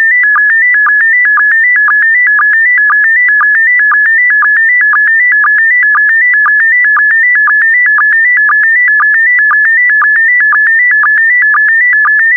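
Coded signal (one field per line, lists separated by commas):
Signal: SSTV (slow-scan television)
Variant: PD120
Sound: steady warbling tones around 2 kHz with a short low blip about twice a second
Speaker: transmission complete you can now check your decoded image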